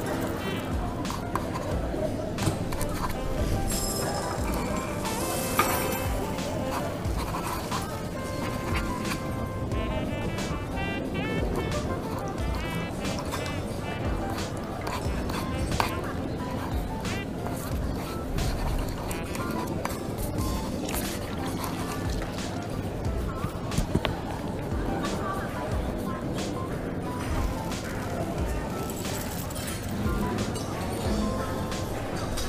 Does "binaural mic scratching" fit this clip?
no